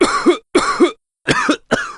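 Four heavy, harsh cough bursts from an adult in close succession, each with a deep throaty rasp; a forceful, productive-sounding cough.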